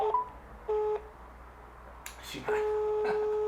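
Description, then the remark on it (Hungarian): Steady electronic phone tones from an attempt to ring a phone that has been put away to test that no radio signal gets through, in separate bursts, a short one, a longer beep, then a sustained tone near the end, with a brief murmur of voice in between. “Teki berakja a telefonját, és megpróbálom megcsörgetni.”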